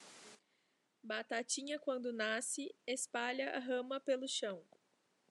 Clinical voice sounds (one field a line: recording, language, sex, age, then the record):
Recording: short text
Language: Brazilian Portuguese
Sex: female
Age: 20 to 29 years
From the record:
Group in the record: control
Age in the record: 26 years